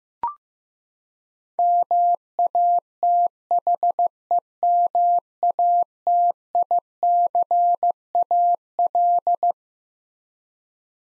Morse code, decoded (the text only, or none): MATHEMATICAL